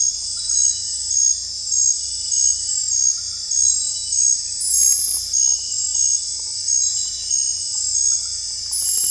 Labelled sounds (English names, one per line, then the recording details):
none
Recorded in secondary vegetation near Puerto Asís, Putumayo, Colombia, on 18 December 2024 at 21:00
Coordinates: 0.481, -76.318
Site G042